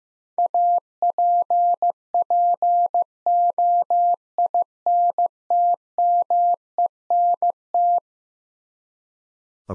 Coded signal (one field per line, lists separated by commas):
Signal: Morse code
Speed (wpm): 15 wpm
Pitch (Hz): 700 Hz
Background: none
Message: APPOINTMENT